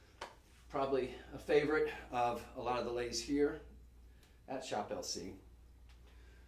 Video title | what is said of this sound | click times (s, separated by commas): Super Sunday Savings! Genuine Gemstones | snaps right into place | 0.2 s